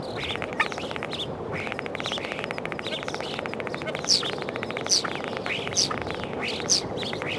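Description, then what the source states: Common starling song with fast rattling clicks in runs, interrupted by sharp high squeaky notes repeated about once a second near the end. Spring recording.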